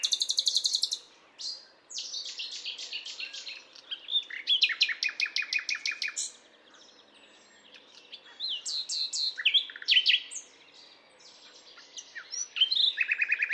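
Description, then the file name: Common nightingale song with fast, machine-gun-like repeated clicking notes, rapid rattling trills, and bright varied whistles, broken by short silent pauses. "Luscinia megarhynchos"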